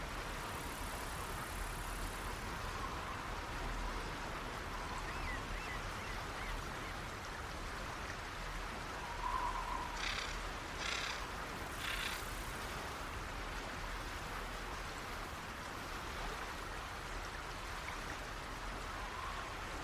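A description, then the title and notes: Outdoor nature ambience made of a steady, dense wash of sound with a low rumble underneath, like light rain mixed with traffic. Around the ten to twelve second mark, three short, brighter bursts briefly rise above the even background. Baldurs Gate 3 - Relaxing Nature Ambience.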